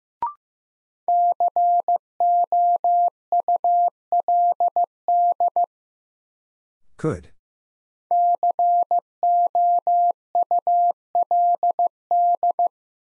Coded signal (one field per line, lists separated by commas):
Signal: Morse code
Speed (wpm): 15 wpm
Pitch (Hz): 700 Hz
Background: none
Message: COULD COULD